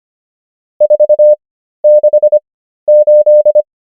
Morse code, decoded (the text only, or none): 468